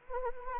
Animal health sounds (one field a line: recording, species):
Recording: mosquito wingbeat signal from an infrared sensor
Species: Anopheles arabiensis